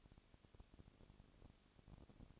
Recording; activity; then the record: daily activity, microphone in the room; no activity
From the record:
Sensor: 4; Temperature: 22.3 degrees Celsius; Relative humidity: 32.7%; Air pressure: 1001.9 hPa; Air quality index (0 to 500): 186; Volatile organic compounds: 4 ppm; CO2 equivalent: 1639 ppm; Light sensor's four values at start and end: 2/3/1/1 and 2/3/1/1